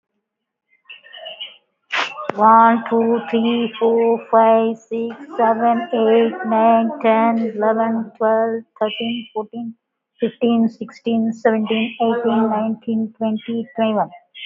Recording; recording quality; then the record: counting at a normal pace; excellent, no background noise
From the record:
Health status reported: recovered from COVID-19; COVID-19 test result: positive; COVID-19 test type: RT-PCR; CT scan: not taken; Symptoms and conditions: loss of smell and taste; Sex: female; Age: 38 years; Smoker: no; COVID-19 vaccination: both doses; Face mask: not worn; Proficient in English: yes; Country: India